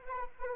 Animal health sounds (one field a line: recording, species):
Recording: mosquito wingbeat signal from an infrared sensor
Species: Anopheles arabiensis